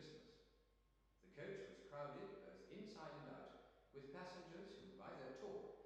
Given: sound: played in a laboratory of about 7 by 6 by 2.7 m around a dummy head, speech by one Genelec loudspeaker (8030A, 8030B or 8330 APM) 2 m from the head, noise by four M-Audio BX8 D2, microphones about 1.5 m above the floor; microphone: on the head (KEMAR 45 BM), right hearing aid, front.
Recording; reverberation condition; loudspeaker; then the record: male speech in English; high; 90 degrees to the left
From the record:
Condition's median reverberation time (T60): about 1300 ms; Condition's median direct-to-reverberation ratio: about -4.0 dB